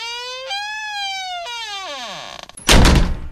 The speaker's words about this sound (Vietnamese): Nội đỡ tôi vào đó, cánh cửa dần dần khép lại. Tiếng bản lề gỗ kẽo kẹt nhanh dần, từng thanh âm như đang miết vào trí óc con người ta một nỗi sợ vô hình.